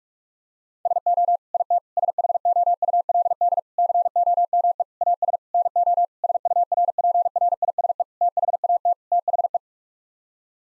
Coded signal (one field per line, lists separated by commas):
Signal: Morse code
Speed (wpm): 46 wpm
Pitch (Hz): 700 Hz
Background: none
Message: SO IT SHOULD COME AS NO SURPRISE THAT THE